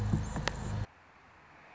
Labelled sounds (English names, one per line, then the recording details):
Anna's Hummingbird
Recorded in Sonoma County, California